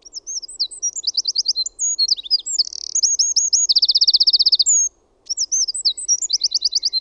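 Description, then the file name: Eurasian wren song: a loud, fast outpouring of high twittering notes and sharp trills, with a rapid rattling trill near the end, a brief pause, then the song starts again. "PEUKALOINEN"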